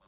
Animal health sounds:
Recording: pig call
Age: piglet (1 to 25 days)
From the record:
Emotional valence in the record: positive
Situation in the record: reunion after long isolation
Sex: male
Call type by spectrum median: low-frequency call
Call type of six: low-frequency tonal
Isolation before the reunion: 8 minutes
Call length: 0.09 s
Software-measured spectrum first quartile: 698 Hz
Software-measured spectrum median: 1539 Hz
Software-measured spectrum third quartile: 5188 Hz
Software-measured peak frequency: 174 Hz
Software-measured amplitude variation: 26 dB a second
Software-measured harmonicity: -0.4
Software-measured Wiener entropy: -1.62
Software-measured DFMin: 792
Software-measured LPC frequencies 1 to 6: 1102, 3457, 4677, 5689, 6788, 7896 Hz

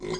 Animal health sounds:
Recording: pig call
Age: weaner (32 to 43 days)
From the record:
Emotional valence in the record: negative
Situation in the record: long isolation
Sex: female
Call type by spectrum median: low-frequency call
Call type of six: mixed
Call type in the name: high-frequency modulated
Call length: 0.20 s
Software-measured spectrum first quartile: 336 Hz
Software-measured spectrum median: 683 Hz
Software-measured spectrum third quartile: 2747 Hz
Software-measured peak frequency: 369 Hz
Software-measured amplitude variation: 147 dB a second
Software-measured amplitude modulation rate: 17.9 a second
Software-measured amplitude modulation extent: 8.2 dB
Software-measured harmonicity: 5.3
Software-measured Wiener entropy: -2.72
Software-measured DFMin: 579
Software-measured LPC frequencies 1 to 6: 386, 1078, 2068, 3318, 4060, 4844 Hz

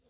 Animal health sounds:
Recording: pig call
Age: piglet (1 to 25 days)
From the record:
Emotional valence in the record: positive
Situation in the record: short reunion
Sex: male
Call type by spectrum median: low-frequency call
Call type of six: low-frequency stable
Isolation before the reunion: 3 minutes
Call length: 0.10 s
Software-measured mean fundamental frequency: 58 Hz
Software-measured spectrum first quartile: 353 Hz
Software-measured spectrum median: 1198 Hz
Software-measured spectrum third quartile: 7660 Hz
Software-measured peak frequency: 478 Hz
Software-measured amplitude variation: 78 dB a second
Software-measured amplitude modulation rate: 4.9 a second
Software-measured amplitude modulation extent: 15.8 dB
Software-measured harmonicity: 4.6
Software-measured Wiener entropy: -2.16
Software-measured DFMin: 1007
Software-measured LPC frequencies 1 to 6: 492, 1405, 2656, 3505, 4376, 4938 Hz

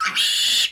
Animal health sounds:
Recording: pig call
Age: piglet (1 to 25 days)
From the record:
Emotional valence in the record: negative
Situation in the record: restrain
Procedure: sham castration, cut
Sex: male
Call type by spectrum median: high-frequency call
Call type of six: high-frequency modulated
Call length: 0.71 s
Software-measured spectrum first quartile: 2876 Hz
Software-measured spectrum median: 3570 Hz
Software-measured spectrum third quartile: 5236 Hz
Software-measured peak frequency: 3490 Hz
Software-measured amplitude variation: 102 dB a second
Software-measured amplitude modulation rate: 21.0 a second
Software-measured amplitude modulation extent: 4.8 dB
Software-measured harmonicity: 3.5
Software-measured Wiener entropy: -2.41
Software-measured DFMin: 683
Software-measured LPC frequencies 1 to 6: 1323, 1911, 2873, 3432, 4404, 7029 Hz

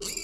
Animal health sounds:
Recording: pig call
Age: weaner (32 to 43 days)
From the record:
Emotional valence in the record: negative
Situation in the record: short isolation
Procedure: open field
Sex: female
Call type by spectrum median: high-frequency call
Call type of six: high-frequency stable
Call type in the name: high-frequency stable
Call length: 0.24 s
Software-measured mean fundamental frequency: 265 Hz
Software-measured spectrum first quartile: 2768 Hz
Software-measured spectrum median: 5189 Hz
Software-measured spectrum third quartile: 7652 Hz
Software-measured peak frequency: 7319 Hz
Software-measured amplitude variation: 191 dB a second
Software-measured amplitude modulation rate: 23.1 a second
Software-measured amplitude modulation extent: 8.3 dB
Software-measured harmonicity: 3.3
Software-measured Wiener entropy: -2.08

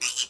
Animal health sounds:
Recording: pig call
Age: piglet (1 to 25 days)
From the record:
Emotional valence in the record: negative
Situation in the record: castration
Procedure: castration, shear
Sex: male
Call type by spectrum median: high-frequency call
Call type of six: low-frequency tonal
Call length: 0.30 s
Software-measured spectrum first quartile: 3088 Hz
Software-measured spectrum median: 5012 Hz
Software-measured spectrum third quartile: 6878 Hz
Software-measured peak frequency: 3028 Hz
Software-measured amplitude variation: 195 dB a second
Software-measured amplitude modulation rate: 11.5 a second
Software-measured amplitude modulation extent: 17.0 dB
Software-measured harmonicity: 0.4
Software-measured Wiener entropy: -1.63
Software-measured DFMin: 1210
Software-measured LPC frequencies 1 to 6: 1225, 2610, 3037, 3969, 4988, 5963 Hz

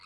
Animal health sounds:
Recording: pig call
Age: piglet (1 to 25 days)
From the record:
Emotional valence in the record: positive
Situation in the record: short reunion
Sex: female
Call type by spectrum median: high-frequency call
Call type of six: low-frequency tonal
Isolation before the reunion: 3 minutes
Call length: 0.06 s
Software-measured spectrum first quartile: 1540 Hz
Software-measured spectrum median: 2566 Hz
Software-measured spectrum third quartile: 4252 Hz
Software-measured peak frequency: 1273 Hz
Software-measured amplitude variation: 26 dB a second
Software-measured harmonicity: 3.5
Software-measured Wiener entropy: -1.61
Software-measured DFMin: 805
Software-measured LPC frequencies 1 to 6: 1220, 2181, 2572, 4021, 4431, 5018 Hz

